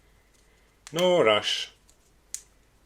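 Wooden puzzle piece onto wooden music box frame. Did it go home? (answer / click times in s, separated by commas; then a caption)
yes / 2.3 s. A wooden puzzle piece is gently popped onto its mount on the first side of a wooden music box frame from the ROKR Christmas Dream Gift Factory model. Someone talks, then a single sharp click is heard at 2.3 seconds as the piece seats.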